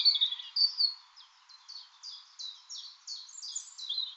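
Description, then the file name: European robin giving a high, thin warbling phrase that runs into a quick series of short, repeated high notes. "Erithacus rubecula"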